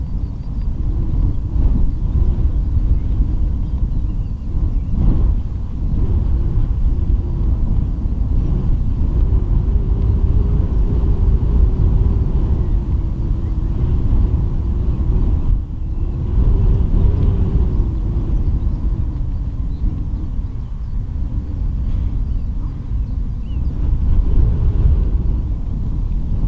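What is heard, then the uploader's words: Wind roars steadily around the lighthouse at Rubjerg Knude, a dense, low rumble that barely lets up across the whole recording. Gusts swell and ease every few seconds, with a hiss of flying sand riding faintly above the heavy low buffeting. Wind noise around Danish lighthouse. You can hear the noise of wind and flying sand around the lighthouse at Rubjerg Knude, in Lønstrup, North Jutland, Denmark.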